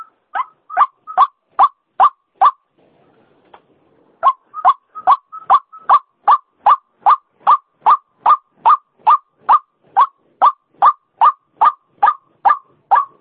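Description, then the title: White-breasted waterhen calling in a steady, harsh series of rasping notes, roughly two to three per second, with a brief quiet gap near the start. Female call, used as a lure sound. "Suara Pikat Ruak Ruak Betina"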